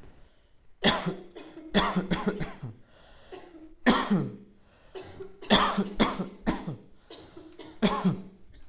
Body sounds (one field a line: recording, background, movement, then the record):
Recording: voluntary coughing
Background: a bystander coughing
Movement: sitting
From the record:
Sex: male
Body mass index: 20.5 kg/m2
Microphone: on the chest, facing outward